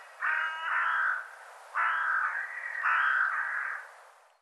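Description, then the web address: Bird calls: three drawn-out hoarse nasal calls, each about a second long, spaced over four seconds. "cianscape birddata"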